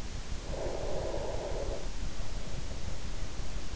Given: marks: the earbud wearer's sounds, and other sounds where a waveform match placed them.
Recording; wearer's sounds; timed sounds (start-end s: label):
sounds in sleep by an in-ear microphone; breath
0.25-3.76 s: breath